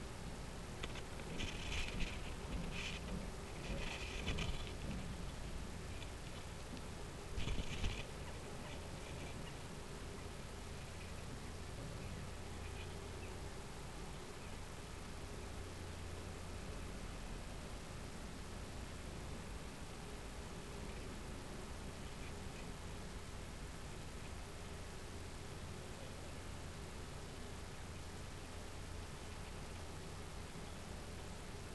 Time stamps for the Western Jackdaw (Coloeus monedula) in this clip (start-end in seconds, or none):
8.25-8.33, 8.64-8.76, 9.44-9.52, 13.17-13.33, 14.39-14.51